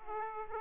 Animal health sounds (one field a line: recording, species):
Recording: mosquito wingbeat signal from an infrared sensor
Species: Aedes aegypti